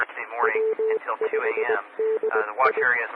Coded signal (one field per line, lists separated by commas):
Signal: Morse code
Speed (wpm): 20 wpm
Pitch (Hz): 440 Hz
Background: speech, radio noise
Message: W5DI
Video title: 2012-12-19 - Central Arkansas Radio Emergency Net CAREN